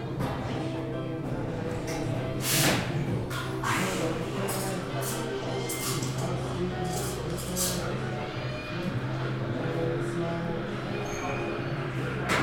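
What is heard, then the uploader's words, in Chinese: Sitting in a café: a steady murmur of voices over a low hum, with occasional clinks and brief bright clatters, strongest around two to four seconds. 坐在咖啡馆有点开心｜城市声音。北京地坛旁边 没有特地录说话声。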